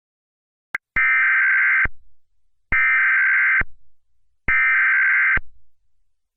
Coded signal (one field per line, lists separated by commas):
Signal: Emergency Alert System (SAME) tones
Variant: header bursts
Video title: EAS Scenario: Kiarol